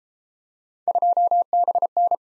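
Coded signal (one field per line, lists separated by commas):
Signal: Morse code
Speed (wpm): 28 wpm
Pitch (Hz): 700 Hz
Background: none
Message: 2BN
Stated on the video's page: Morse practice drill of three-character letter-number groups that starts fast and slows to a 22 wpm base, with a final repeat at maximum speed.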